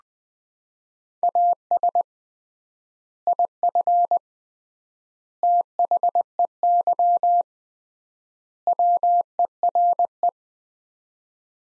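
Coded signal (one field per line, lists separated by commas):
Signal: Morse code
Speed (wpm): 21 wpm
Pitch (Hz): 700 Hz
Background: none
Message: AS IF THEY WERE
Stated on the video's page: Morse practice of four-word sets at 20 wpm with 3x word spacing, a Farnsworth-like method applied to words, for head-copying.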